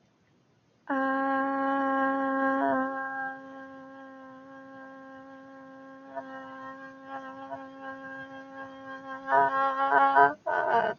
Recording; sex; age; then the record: vowel held as long as possible; female; 20 to 29 years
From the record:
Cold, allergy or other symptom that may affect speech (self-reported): no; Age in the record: 28 years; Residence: Illinois, United States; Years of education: 16